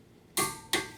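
A click-type torque wrench tightens the second caliper bracket bolt on a Subaru Forester's front brakes during a brake pad and rotor replacement. After a quiet start, two sharp, bright metallic clicks with short ringing tails sound at 0.4 s and 0.7 s. The wrench clicks at its 59 ft-lb setting, and both caliper bracket bolts are confirmed torqued.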